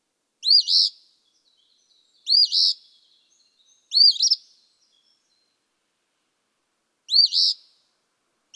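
Eastern phoebe song: four short husky fee-bee phrases, the first three close together, then a long pause before the fourth and the start of another.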